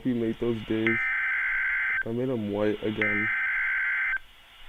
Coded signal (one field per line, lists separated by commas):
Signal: Emergency Alert System (SAME) tones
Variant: header bursts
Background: speech